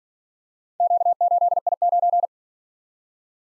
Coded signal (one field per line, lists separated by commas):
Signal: Morse code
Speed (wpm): 48 wpm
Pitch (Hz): 700 Hz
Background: none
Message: Q8I9